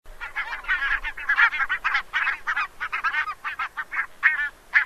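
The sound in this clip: Bird calling with harsh honking notes, rapidly repeated and overlapping in a continuous, busy stream.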